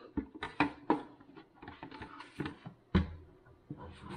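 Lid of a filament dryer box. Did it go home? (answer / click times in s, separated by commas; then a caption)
no / none. The plastic lid of a Sunlu Filament Dryer Box S2 for 3D printing is pressed closed again, with a series of short plastic knocks and taps around 0.4–0.9 s, 2.4–2.5 s and 2.95 s. The lid does not click shut and has to be wedged in, so nothing has seated or clicked.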